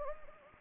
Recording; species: mosquito wingbeat signal from an infrared sensor; Anopheles gambiae